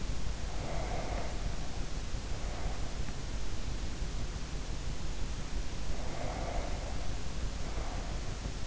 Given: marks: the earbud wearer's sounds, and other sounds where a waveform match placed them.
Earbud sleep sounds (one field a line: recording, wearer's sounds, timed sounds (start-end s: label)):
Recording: sounds in sleep by an in-ear microphone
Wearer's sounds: breath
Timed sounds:
0.25-3.33 s: breath
5.62-8.67 s: breath